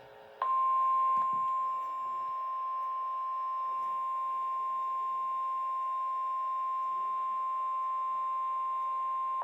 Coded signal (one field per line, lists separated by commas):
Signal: Emergency Alert System (SAME) tones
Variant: 1050 Hz attention tone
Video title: 3/15/26 Severe Thunderstorm Warning for Montgomery, Liberty, and Harris Counties (EAS #36)